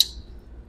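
Composite GatorBar rebar is pushed down into a plastic rebar chair clip for a second demonstration, giving one sharp snap at 0.0 s, bright and strongest around 4 kHz and above, that dies away within about 0.3 s, leaving only a faint low rumble. The rebar is seated in the chair.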